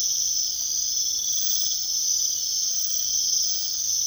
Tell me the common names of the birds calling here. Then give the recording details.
none. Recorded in secondary vegetation near Puerto Asís, Putumayo, Colombia, on 21 February 2024 at 04:30. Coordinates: 0.500, -76.326. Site G6428